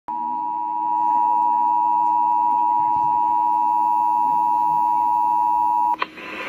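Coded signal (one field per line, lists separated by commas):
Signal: Emergency Alert System (SAME) tones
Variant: 853 and 960 Hz attention tone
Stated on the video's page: Required Monthly Test aired on an FM station.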